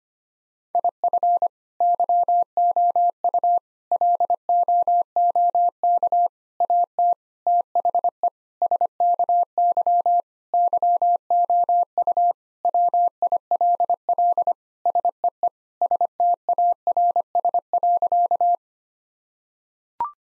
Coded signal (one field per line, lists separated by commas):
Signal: Morse code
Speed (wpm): 25 wpm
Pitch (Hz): 700 Hz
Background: none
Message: IF YOU LOOK AT THE SKY YOU WILL SEE STARS.